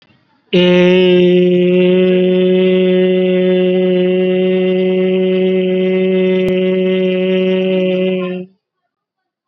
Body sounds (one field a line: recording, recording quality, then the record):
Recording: sustained vowel as in made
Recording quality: excellent, no background noise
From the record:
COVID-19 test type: RT-PCR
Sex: male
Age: 29 years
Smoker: no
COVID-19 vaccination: both doses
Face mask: worn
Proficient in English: yes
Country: India